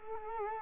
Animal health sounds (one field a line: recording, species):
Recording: mosquito wingbeat signal from an infrared sensor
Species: Culex quinquefasciatus